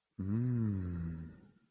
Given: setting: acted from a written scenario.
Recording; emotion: vocal sound without words; desire